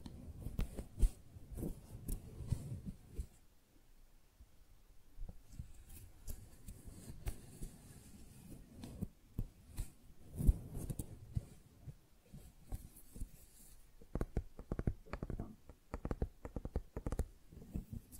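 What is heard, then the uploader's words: Quiet handling of flowers: soft rustles and crinkles of petals and stems, with small taps and crisp ticks scattered throughout. The sounds come in irregular bursts, busier near the start and again in the last few seconds, over a hushed background. ASMR Most Beautiful Tingly Flower Sounds (No Talking).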